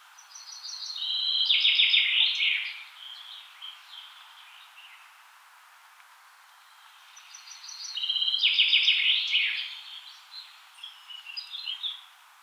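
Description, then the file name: Common chaffinch giving two loud songs roughly seven seconds apart, each a fast trill closing with a flourish, with softer notes between. "Fringilla coelebs"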